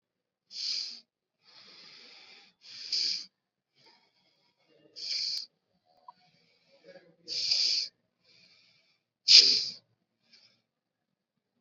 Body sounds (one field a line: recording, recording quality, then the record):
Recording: deep breathing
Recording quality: excellent, no background noise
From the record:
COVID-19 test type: RT-PCR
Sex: male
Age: 21 years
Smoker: no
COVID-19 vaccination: both doses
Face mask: worn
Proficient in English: yes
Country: India